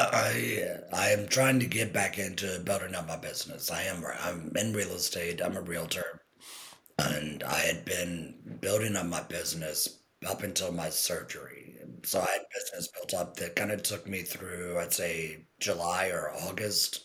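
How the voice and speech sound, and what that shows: Low, rough, creaky adult male voice in fluent phrases: tracheoesophageal speech after total laryngectomy about 10 months earlier, produced with a tracheoesophageal puncture (TEP) voice following about 6 months without speech.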